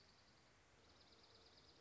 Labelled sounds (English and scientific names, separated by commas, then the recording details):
Dark-eyed Junco (Junco hyemalis)
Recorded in Sonoma County, California